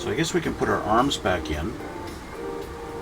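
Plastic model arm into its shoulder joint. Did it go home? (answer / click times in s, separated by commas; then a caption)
no / none. Someone talks while handling the plastic arms of a VF-1S Valkyrie Strike Set model kit, getting ready to push an arm back into its shoulder joint. Nothing has seated or clicked yet; the clip ends before the part goes home, with only quieter background sound after the talking.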